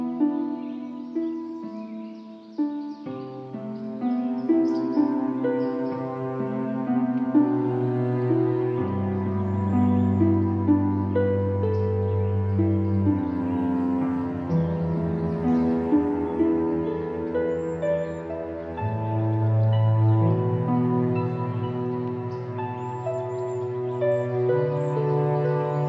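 Calm music of long, sustained chords that shift slowly every few seconds, with no sharp beats. A deep low tone enters around nine seconds and holds beneath the soft upper notes, keeping the volume steady to the end.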